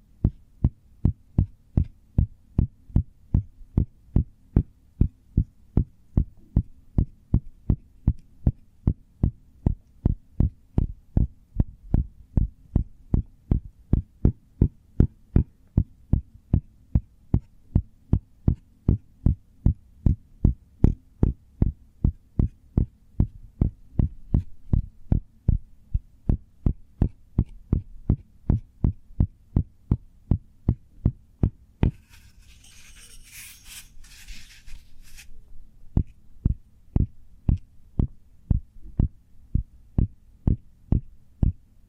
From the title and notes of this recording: ASMR Cork Triggers. (No Talking).